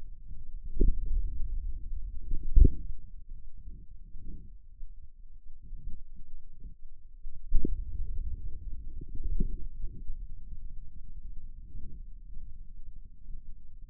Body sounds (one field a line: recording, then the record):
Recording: forearm muscle sounds (acoustic myography)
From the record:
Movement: inward rotation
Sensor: system 2, bracelet of six BSWA MPA416 microphones around the upper forearm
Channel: 2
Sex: male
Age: 22 years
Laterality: right